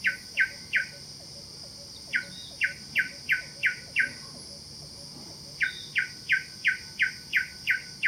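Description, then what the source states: Pin-striped tit-babbler giving three bursts of quick, regular, slightly downslurred notes, several per second, with constant high-pitched insect buzzing behind. Calls recorded in Kledang Sayong Forest Reserve, Ipoh, Perak, Malaysia, on 16 June 2018.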